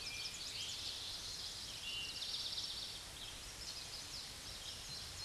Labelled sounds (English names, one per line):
Eastern Towhee song